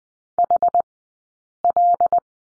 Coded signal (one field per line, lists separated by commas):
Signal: Morse code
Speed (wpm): 20 wpm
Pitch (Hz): 700 Hz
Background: none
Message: HL